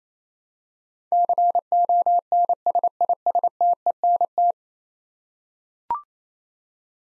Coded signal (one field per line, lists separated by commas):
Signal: Morse code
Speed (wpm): 28 wpm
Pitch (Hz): 700 Hz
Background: none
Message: CONSISTENT